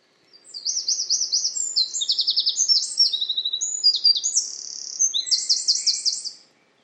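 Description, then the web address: Bird singing a fast, varied phrase of high buzzy trills and rapid sweeping notes, several trill types strung together without pause, with a faint low hum beneath. "cianscape birddata Deverinetal 2025"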